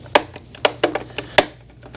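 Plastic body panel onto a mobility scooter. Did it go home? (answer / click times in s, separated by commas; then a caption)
yes / 1.4 s. A plastic body panel is pressed back onto its clips on a 2025 Buzzaround LX (GB119) mobility scooter. A series of sharp plastic snaps and knocks sounds over two seconds, with the loudest pop at 1.4 s as the panel seats into place and is confirmed good.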